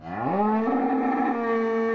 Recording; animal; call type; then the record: contact call of a hoofed animal; cattle; low-frequency (closed-mouth) or high-frequency (open-mouth) call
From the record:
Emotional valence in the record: negative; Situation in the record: full separation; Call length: 2.0 s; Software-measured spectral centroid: 940 Hz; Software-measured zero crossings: 1170 a second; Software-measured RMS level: -24 dBFS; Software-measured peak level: -12 dBFS